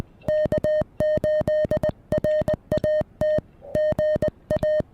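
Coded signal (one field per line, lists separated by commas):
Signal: Morse code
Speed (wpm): 19 wpm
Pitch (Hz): 620 Hz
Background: music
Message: K8RAT GA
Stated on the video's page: QRP Parks on the Air activation on 30 meters using a Venus SW-3B with an end-fed half-wave antenna and balun.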